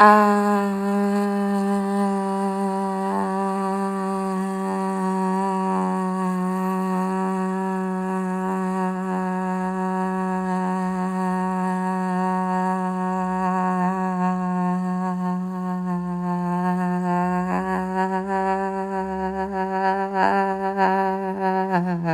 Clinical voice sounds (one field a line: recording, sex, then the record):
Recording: sustained vowel /a/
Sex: female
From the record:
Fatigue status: no fatigue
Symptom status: asymptomatic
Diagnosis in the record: COVID-19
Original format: m4a